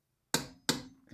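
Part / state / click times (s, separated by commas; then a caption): wheel bolt tightened into hub with torque wrench / torque reached / 0.3 s, 0.7 s. A torque wrench set to 11 kg tightens a wheel bolt into the hub with the car back on the ground and the handbrake on. Two sharp clicks at 0.3 s and 0.7 s mark the wrench reaching its setting. A softer sound follows near the end.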